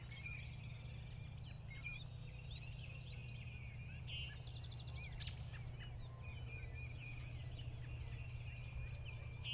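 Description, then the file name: Birds calling: soft scattered chirps, short trills and rising notes, fairly quiet against a constant low hum. Field birds near a lake in early spring, 1 April 2017, recorded with an SD 702. "freesound Early Spring Field Birds"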